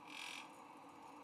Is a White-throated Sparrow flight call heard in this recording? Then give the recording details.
no. No flight call is heard. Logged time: 10:52 on 20 November 2014